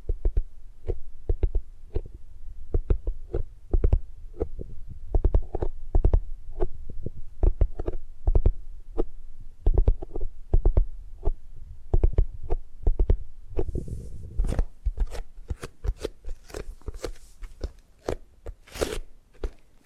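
Rapid tapping fills the recording, short sharp knocks with a deep thump under each, coming in quick irregular bursts several times a second. Around fourteen seconds a soft hiss and scratchy rubbing join in, like gripping, and the taps grow sparser toward the end.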